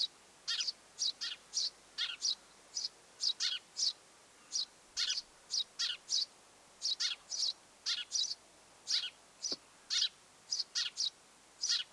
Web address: 25 7 2026 pikkuvarpusemo ja poikaset pesassa